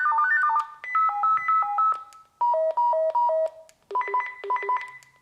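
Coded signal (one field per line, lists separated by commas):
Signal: none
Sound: radio call ring tones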